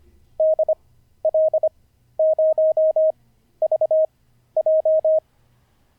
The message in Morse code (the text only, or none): DL0VJ